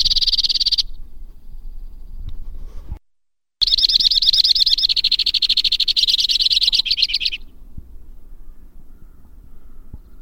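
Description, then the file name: White-winged crossbill song: a buzzy trill, a brief silent break, then a long series of pulsed trills at shifting rates, ending in quiet hiss. "suara kicauan burung white winged crossbill. omkicau"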